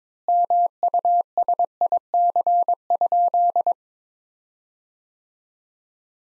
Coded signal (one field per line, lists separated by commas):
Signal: Morse code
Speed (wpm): 22 wpm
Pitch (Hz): 700 Hz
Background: none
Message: MUSIC?